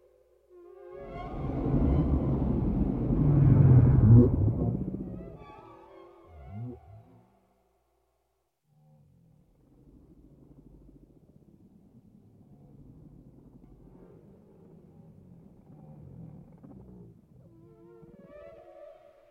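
Whale sounds: a loud, low groaning call swells from about one second to five, rough and rumbling, followed by a short sweeping cry near seven seconds. After a pause, a softer, murmuring low call drifts on through the rest, with faint higher wavering tones at the end.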